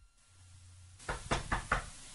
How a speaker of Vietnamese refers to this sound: Có tiếng gõ cốc cốc, Nhã Tịnh chưa kịp lên tiếng thì cửa đã mở.